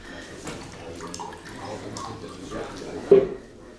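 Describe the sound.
Whisky pours into a glass in a steady, gurgling trickle, ending with a brief, sharper splash or clink. Faint murmuring voices sit underneath.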